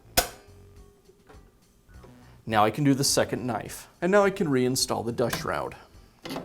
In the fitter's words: As I rotate it around, I'll release the cutter head lock so it'll lock into place.